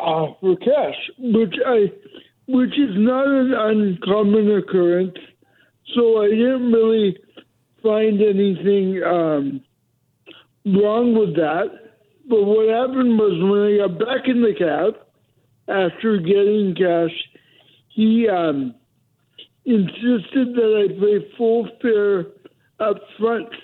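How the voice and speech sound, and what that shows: Slow, high-pitched, nasal speech with stretched sounds and frequent pauses over a phone line from an adult man in British Columbia with cerebral palsy. He has a speech impediment that makes his voice even more heightened. Dysarthria.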